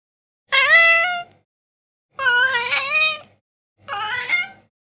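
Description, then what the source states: Cat giving three insistent meows, the middle one longest and wavering. Domestic cat meowing while begging for food.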